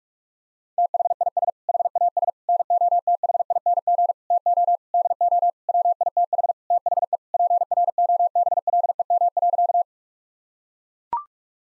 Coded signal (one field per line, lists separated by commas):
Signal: Morse code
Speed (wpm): 43 wpm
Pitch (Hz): 700 Hz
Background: none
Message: THIS HAS NOTHING TO DO WITH THE PROBLEM.